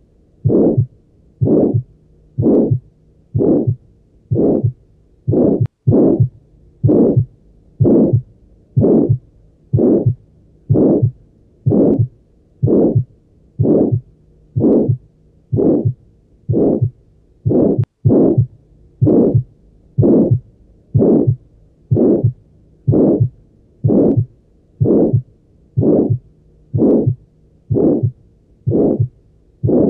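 Regular heartbeat about 62 per minute, each beat carrying a prolonged, swelling and fading harsh murmur that fills much of every cycle: the systolic ejection murmur of aortic stenosis, from blood forced through a narrowed aortic valve.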